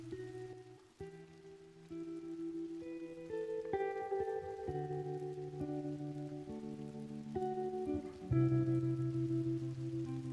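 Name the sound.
heavy rain and wind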